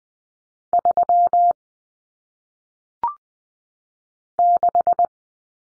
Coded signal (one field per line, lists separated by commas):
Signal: Morse code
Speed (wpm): 20 wpm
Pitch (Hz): 700 Hz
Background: none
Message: 3 6